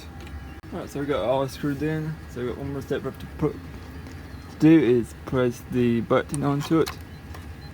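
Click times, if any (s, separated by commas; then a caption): none. Someone talks while handling a plastic button that is to be pressed onto a 3D printer sensor plate, with the plate already screwed in. Faint handling noises sit under the speech. The button has not clicked or seated on the plate yet.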